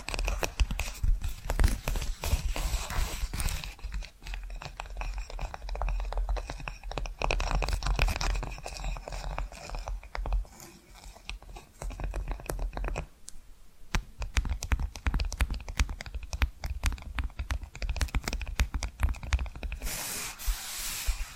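Tapping and scratching sounds, with dense rubbing and sanding-like scrapes, sharp taps clustering after thirteen seconds, and a low rumble underneath.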